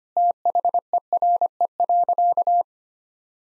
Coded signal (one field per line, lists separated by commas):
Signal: Morse code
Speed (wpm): 25 wpm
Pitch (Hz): 700 Hz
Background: none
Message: THERE.